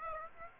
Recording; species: mosquito wingbeat signal from an infrared sensor; Aedes aegypti